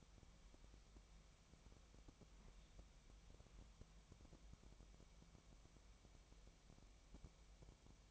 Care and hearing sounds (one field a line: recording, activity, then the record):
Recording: daily activity, microphone in the room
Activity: wipe stove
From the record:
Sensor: 1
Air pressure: 1003.3 hPa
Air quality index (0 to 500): 201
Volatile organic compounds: 6 ppm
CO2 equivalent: 1920 ppm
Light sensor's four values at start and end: 9/22/9/11 and 9/23/9/11